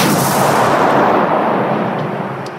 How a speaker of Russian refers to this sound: Корабль вздрогнул, и раздался жуткий грохот. Это был наш залп.